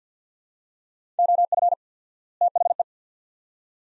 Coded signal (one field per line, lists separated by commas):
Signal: Morse code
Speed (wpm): 50 wpm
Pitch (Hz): 700 Hz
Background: none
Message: OF THE